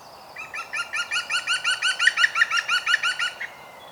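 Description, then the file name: European green woodpecker calling a steady, ringing laugh of many evenly spaced notes over about three seconds, ending abruptly. "Groene Specht Picus viridis"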